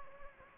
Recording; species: mosquito wingbeat signal from an infrared sensor; Anopheles gambiae